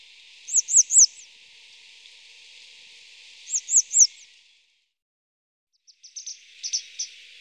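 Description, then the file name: Grey wagtail call, a quick series of three high, sharp notes given twice, followed by softer short chips near the end. "Gebirgsstelze"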